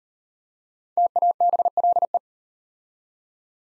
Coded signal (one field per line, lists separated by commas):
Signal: Morse code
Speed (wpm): 37 wpm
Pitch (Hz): 700 Hz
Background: none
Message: TABLE